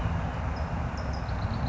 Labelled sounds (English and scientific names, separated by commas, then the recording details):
California Towhee (Melozone crissalis)
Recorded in Sonoma County, California